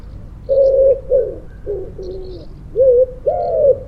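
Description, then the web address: Bird cooing, a run of low, soft, hollow notes, some flat and some slurred, in short bursts with brief pauses between. "cianscape. Deverinetal. Bird Only"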